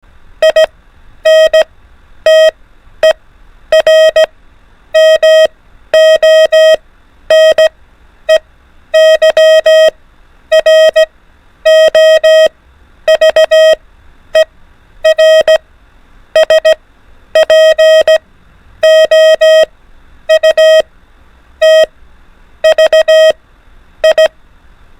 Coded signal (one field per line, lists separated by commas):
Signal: Morse code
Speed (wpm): 17 wpm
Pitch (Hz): 630 Hz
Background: none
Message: INTER MONEY ROVER SPOUT VI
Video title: FOR ADVANCED TRY THIS INCREASED SPEED 24 WPM / ALPHABET ONLY MORSE CODE PRACTICE